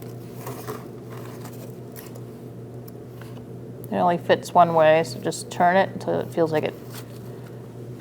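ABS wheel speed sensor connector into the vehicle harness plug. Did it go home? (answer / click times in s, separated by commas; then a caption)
no / none. A plastic rear ABS wheel speed sensor connector from a 2000–2006 Mini Cooper is turned and lined up with the vehicle harness plug, which only fits one way, before it is pushed home. Only faint handling ticks are heard over a steady low hum, and someone talks in the second half. Nothing has seated or clicked yet.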